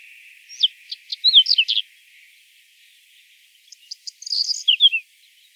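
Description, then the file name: Reed bunting song: two short phrases, each a few spaced high notes speeding into a jangly twittered ending, about three seconds apart, over a steady high insect-like hiss. "Migliarino Di Palude"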